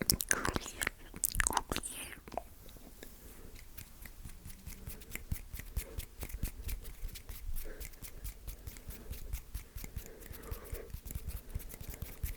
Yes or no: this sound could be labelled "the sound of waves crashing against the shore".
no